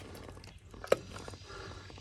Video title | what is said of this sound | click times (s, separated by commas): How to Properly Grease Your Trailer Axles With EZ Lube Hubs | like that you'll hear it click like it did | 0.9 s